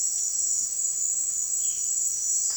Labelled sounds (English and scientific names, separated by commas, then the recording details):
none
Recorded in dense forest near Puerto Asís, Putumayo, Colombia, on 18 February 2024 at 17:00
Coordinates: 0.502, -76.326
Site G6460